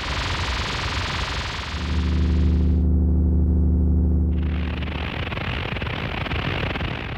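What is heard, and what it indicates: Simulated tinnitus sounds: a broad hissing noise that gives way to a steady low humming tone, then the hiss returns. Simulations of what different cases of tinnitus might sound like, provided by the British Tinnitus Association; tinnitus is a persistent noise in the ears or head with nothing external causing it, and everyone's is different.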